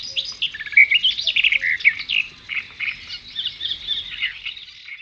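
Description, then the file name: Birds chirp and trill in a lively, overlapping chorus of high, quick notes. At a brook. "birds at the brook"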